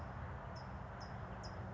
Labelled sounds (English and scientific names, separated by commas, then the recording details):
California Towhee (Melozone crissalis)
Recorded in Sonoma County, California